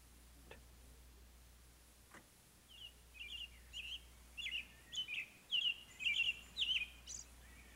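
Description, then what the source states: American robin song: short whistled caroling phrases, faint at first, then louder, repeated about twice a second. Rare breeder in the northwestern counties of Florida.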